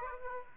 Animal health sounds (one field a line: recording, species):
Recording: mosquito wingbeat signal from an infrared sensor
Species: Aedes aegypti